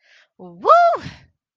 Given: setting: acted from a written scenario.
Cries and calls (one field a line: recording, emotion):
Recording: vocal sound without words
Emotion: pride